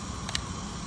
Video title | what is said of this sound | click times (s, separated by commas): Tool Training Tips: Pressure Washers | you'll place the nozzle in the hole make sure it clicks | 0.3 s, 0.4 s